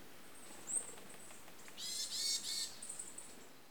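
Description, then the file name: Varied tit giving three harsh, buzzy nasal notes in quick succession after a thin high squeak, with faint high tones trailing at the end over a quiet background. "yamagara"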